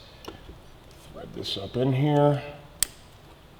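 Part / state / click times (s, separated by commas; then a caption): plastic wiring harness clip into its mount on the motorcycle frame / seated / 2.8 s. A plastic wiring harness clip is pressed back into its mount on the frame of a 2017 Kawasaki Z125 Pro while parts are reinstalled during a Hindle Evo Megaphone exhaust swap. Someone talks, then a single sharp click sounds at 2.8 s. The clip snaps and seats in place.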